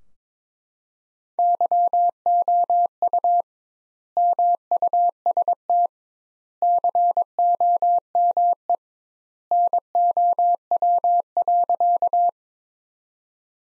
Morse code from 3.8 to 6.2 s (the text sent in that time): MUST